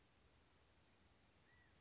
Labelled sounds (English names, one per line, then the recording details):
California Quail
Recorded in Sonoma County, California